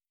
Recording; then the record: hydrophone in a shrimp aquaculture tank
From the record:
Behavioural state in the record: starved